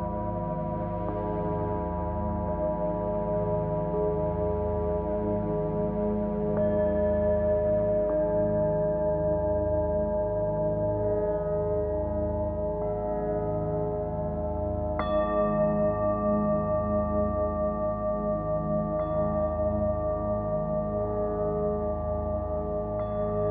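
Tibetan singing bowls ring in long, layered tones that overlap and sustain through the whole clip. Fresh strikes come every few seconds, near 1, 6, 15, 19 and 23 seconds, adding bright new pitches over a steady, slowly pulsing low drone.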